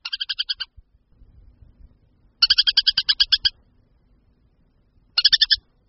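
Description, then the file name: Montagu's harrier giving rapid chattering calls, three bursts of quick sharp kek notes, the middle burst longest, separated by pauses. "Moták-lužní"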